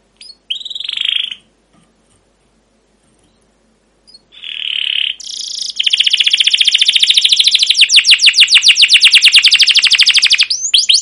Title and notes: CUIT CUIT NGEROL LANGSUNG GACOR PANJANG Kenari Pancingan KENAR. PANCINGAN Kenari GACOR PANJANG Cuit CUIT EMOSI MASTERAN Kenari PAUD belajar BUNYI. burung kenari